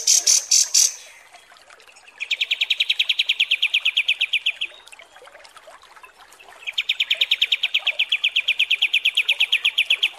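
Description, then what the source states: Kapas tembak: bird song: opens with a few loud high notes, then two long fast trills of crisp chips separated by a quiet gap. Masteran (tutor) training recording of kapas tembak song, described as 'mewah' (luxurious).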